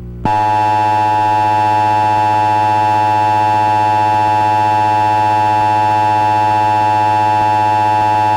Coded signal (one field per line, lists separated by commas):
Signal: Emergency Alert System (SAME) tones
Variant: 853 and 960 Hz attention tone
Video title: EAS Emergency Alert System RMT Required Monthly Test for Kansas City Metro Area, March 25, 2002